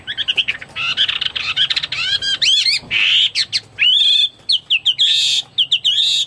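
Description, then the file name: Chinese hwamei song with rapid harsh chatter mixed with rising whistled slurs and short repeated notes, loud and continuous. "omkicau hwamei"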